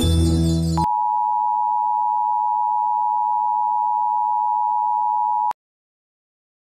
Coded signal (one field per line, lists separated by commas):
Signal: Emergency Alert System (SAME) tones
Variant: 853 and 960 Hz attention tone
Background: music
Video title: Nick Jr. Emergency Alert System (1993-2000)